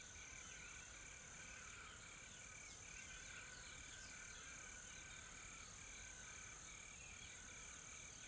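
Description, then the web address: Insects keep up a dense high drone with a clipped, rapidly repeated ticking tone, growing louder after two seconds. Soft, calm insect ambience in a tropical forest in South Africa. "Sonniss com - GDC 2020-Game Audio Bundle Smart Sound FX - Nature South Africa AMBIENCE Additional Tropical Forest Soft Insects Calm"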